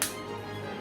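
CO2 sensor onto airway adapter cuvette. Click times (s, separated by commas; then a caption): 0.0 s. A CO2 sensor for a Draeger Vista 120 patient monitor is pressed onto a plastic airway adapter cuvette with their black arrows aligned, since a reversed fit would not read and would not work. A single sharp click sounds at 0.0 s, followed by a steady low background tone. The sensor is seated on the cuvette.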